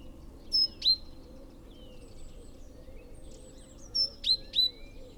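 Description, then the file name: Great tit giving sharp, high, downward-sliding whistled notes in two short bursts, with faint thin notes from other birds and low background rumble. "Parus major"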